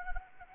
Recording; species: mosquito wingbeat signal from an infrared sensor; Anopheles arabiensis